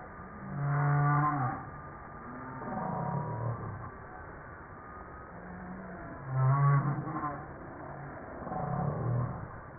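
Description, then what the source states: Humpback whale song, deep harmonic moans and downsweeping groans, units spaced a few seconds apart over quiet background noise. Recorded 5 March 1994.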